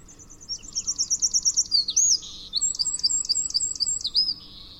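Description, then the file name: Eurasian wren song: a fast, high-pitched run of repeated notes that flows into ringing trills and warbled phrases. "Troglodytes troglodytes"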